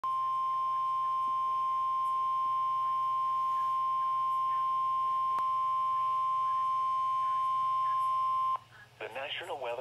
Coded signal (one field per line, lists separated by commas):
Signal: Emergency Alert System (SAME) tones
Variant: 1050 Hz attention tone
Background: speech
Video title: EAS Tornado Warning March 25, 2021